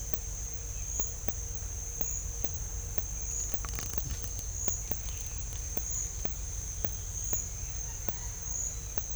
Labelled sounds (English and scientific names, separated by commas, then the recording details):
none
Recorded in secondary vegetation near Puerto Asís, Putumayo, Colombia, on 21 December 2024 at 10:00
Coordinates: 0.498, -76.327
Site GP07